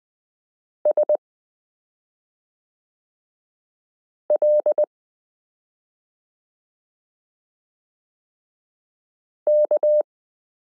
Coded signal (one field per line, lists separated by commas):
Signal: Morse code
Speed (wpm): 20 wpm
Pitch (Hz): 600 Hz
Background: none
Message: SL K